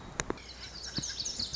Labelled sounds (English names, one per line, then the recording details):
Lazuli Bunting
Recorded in Sonoma County, California